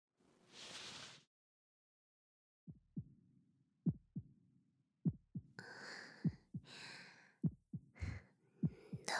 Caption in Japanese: うちの胸に耳を当ててみ。 右耳から聞こえる？ドクン、ドクンって静かな心臓の音。